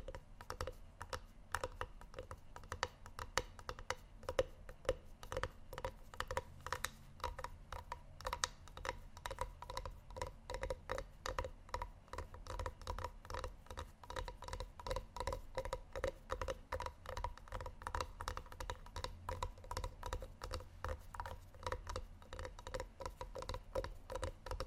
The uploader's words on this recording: ASMR Tapping Only Sleep Time（No Talking）.